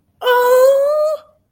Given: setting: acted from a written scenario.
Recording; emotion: vocal sound without words; positive surprise